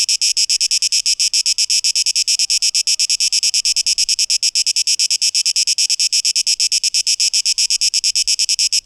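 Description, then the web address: Cicadas buzzing in a harsh, high chorus broken into rapid, even pulses, steady throughout with no other clear sounds. 12 August 2023. "rauschpartikel Audio 2023-08-12 Zikaden"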